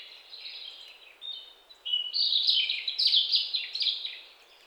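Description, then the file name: European robin song, a soft start building into a brighter run of high, jumbled, tinkling notes and short trills before trailing off against light background hiss. "Erithacus rubecula"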